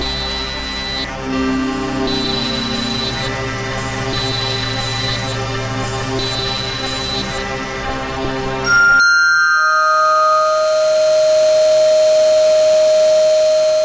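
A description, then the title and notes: A sci-fi drone built from many steady sustained tones, with a low hum and a pulsing high tone repeating about once a second. Near nine seconds it cuts abruptly to a louder, thinner texture dominated by a bright held whine and faint hiss. Demos from a circuit bent Kawai K1 synth. Mods include a 24 way ROM destruction patchbay, and a LTC1799 based clock speed/pitch knob. Surprisingly the modded K1 is incredibly good at BBC Radiophonic Workshop style sci-fi atmospheres. Drones and "sounds of the future".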